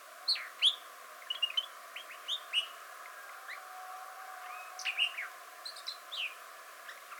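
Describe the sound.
Arabian grosbeak calling with a busy run of short chirps and downslurred whistles over a steady soft background hiss.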